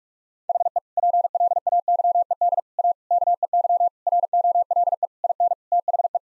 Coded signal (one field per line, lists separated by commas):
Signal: Morse code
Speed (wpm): 46 wpm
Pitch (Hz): 700 Hz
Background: none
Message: HE PLAYED A KEY ROLE IN THE